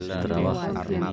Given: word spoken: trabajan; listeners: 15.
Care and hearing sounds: one Spanish word in noise, from a listening test; four-talker babble; -1.5 dB; 0 of 15; 8 of 15; 0.73 s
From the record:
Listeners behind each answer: 8, 2, 1, 1, 1, 1, 1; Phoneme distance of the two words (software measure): 7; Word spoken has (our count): 3 syllables, 8 phonemes, stress on syllable 2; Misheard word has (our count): 3 syllables, 7 phonemes, stress on syllable 2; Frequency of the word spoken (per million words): 26.92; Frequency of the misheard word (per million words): 38.79

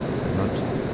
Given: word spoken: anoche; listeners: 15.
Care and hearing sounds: one Spanish word in noise, from a listening test; speech-shaped noise; -6.2 dB; 1 of 15; 10 of 15; 0.54 s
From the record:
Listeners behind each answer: 10, 1, 1, 1, 1, 1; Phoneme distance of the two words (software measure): 7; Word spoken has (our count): 3 syllables, 5 phonemes, stress on syllable 2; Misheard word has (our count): 2 syllables, 4 phonemes, stress on syllable 1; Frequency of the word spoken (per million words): 34.54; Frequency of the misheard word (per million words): 362.35

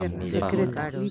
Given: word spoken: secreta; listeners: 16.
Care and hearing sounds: one Spanish word in noise, from a listening test; four-talker babble; -1.4 dB; 0 of 16; 10 of 16; 0.72 s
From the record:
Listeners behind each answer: 10, 5, 1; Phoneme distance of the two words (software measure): 17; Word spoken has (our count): 3 syllables, 7 phonemes, stress on syllable 2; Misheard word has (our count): 3 syllables, 8 phonemes, stress on syllable 2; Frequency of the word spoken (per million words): 15.73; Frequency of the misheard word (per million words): 29.64

